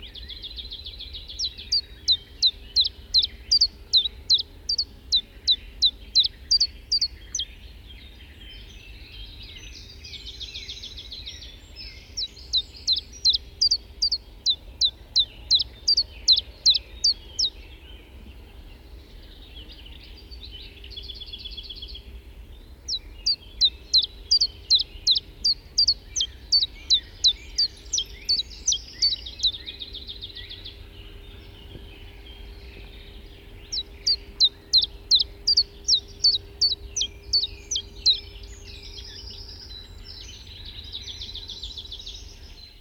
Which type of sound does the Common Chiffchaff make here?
song